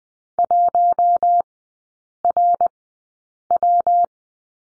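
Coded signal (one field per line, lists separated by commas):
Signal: Morse code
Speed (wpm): 20 wpm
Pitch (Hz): 700 Hz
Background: none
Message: 1RW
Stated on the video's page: Morse course lesson drill on the number 3, sent at Farnsworth speed 20/10 wpm.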